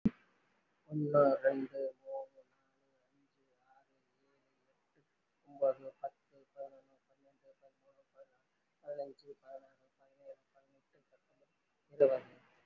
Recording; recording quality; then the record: counting at a normal pace; moderate, slight background noise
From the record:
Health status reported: respiratory illness, not identified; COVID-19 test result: not tested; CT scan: not taken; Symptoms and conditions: cough, cold, breathing difficulty, sore throat, fatigue, muscle pain, pneumonia, another respiratory illness, another condition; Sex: female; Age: 52 years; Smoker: no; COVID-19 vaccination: one dose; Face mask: worn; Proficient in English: no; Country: India